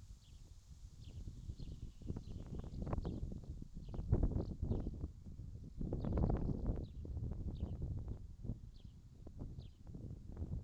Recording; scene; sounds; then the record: everyday scene through a hearing-aid microphone; wind on the microphone; wind, traffic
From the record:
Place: in front of a rural house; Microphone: in the ear canal, left